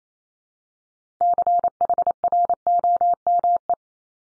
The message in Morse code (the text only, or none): CHROME